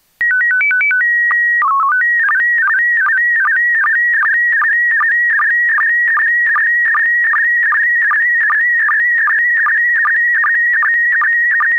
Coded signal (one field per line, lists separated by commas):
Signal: SSTV (slow-scan television)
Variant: PD 50